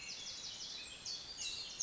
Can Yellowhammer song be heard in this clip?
no